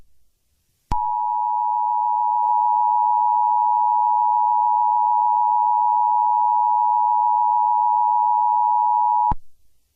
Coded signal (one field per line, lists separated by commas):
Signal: Emergency Alert System (SAME) tones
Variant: 853 and 960 Hz attention tone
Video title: DirecTV EAS National Periodic Test (10/4/23)